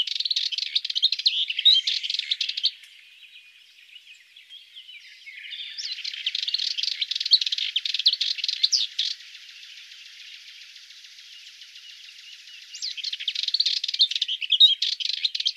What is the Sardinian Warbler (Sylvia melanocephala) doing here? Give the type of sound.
song